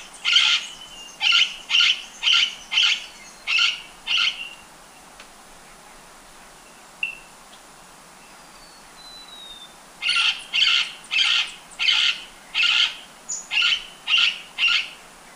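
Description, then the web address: White-capped parrot calls in two long series of harsh, screechy notes, about two per second, separated by a quiet gap with faint whistles. Ecuador. "Birds of Ecuador. White-capped Parrot"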